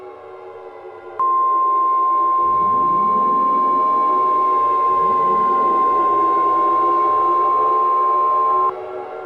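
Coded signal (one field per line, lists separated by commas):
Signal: Emergency Alert System (SAME) tones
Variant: 1050 Hz attention tone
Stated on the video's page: Fictional mega tsunami scenario, not a real alert.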